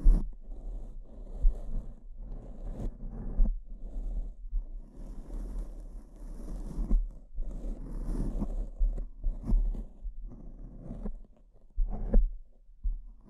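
Brain scratch ASMR with no talking: soft, rubbing scratches come in uneven bursts, mostly low and muffled, with short pauses between strokes. Occasional sharper taps and crackles flash brighter, around every second or two, over a constant low hum underneath.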